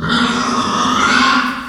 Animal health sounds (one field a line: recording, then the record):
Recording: squeal of a Yucatan mini pig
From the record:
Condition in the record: after surgery on the right vocal fold (resection and tissue-engineered implant)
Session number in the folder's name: 15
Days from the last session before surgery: 175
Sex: female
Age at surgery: 19 weeks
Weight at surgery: 25 kg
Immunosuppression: prednisolone